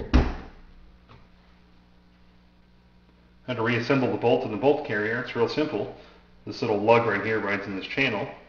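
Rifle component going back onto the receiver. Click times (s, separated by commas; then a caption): 0.1 s. During reassembly of an AK-47, a steel rifle component going back onto the receiver is slid back down and snaps into place with a sharp click at 0.1 s. A quiet pause follows, then someone talks. The component is seated.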